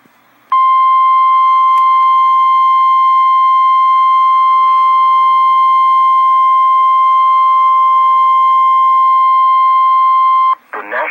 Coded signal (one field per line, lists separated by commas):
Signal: Emergency Alert System (SAME) tones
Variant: 1050 Hz attention tone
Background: speech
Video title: REAL EAS 346-Tornado warning